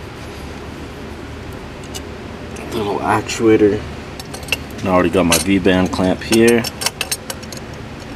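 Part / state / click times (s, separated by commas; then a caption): turbo housing onto the actuator and dial pin of the turbocharger / not seated / none. A turbo housing is handled and lined up with the actuator and dial pin of a turbocharger, with a V-band clamp ready, while someone talks. Short, sharp ticks of handling come at about 4.2, 4.4 and 4.5 seconds, then again from 6.9 to 7.5 seconds. The clip ends before the part goes home, so nothing has seated or clicked yet.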